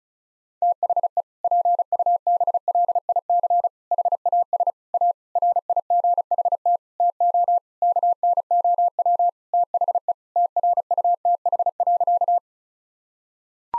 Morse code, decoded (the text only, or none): THE PUBLIC HAS A RIGHT TO KNOW THE TRUTH.